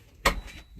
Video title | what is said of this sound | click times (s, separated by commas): 2020 Nest by Airstream | has a leaf that you can lock into place. | 0.3 s